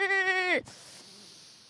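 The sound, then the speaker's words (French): A frightened woman's strained, cracking scream that sounds like a sheep's bleat: one loud, buzzy, harmonic-rich cry lasting about half a second, sagging in pitch at the end before cutting off into faint hiss. “Elle veut crier, mais ça ne veut pas sortir, là, hein? Elle a les aigus passablement basses. Là. On dirait une brebis.”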